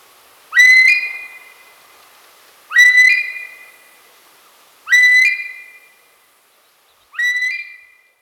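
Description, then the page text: Himalayan monal giving strong whistled calls that rise sharply then sustain and fade, four calls about two seconds apart. Female call. "Himalayan Monal Female Call. Quick Sounds"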